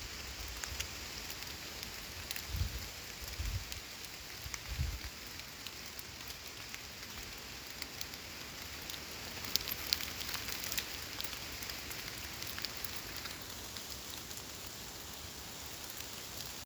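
Rain falls steadily in a forest park, a dense, even hiss with brighter crackles of drops striking leaves and other surfaces. A few low thumps sound around two to five seconds, and scattered louder drips pop up near ten seconds.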